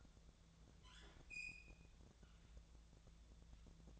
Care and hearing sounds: daily activity, microphone in the room; open fridge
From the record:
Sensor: 3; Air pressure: 1000.0 hPa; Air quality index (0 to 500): 128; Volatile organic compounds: 2 ppm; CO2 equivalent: 1145 ppm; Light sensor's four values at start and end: 39/100/42/46 and 39/99/42/46

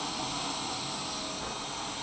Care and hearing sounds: daily activity, microphone in the room; vacuum cleaning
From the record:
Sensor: 1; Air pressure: 1010.2 hPa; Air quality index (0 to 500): 173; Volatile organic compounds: 13 ppm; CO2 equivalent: 2381 ppm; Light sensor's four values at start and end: 48/126/52/65 and 48/126/52/65

